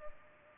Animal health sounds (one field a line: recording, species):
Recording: mosquito wingbeat signal from an infrared sensor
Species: Culex pipiens